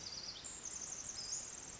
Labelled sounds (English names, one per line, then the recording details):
Pacific Wren
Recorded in Sonoma County, California